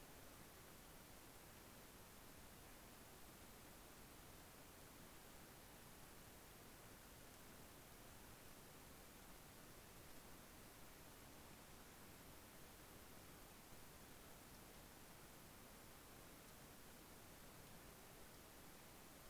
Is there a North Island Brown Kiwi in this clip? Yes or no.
no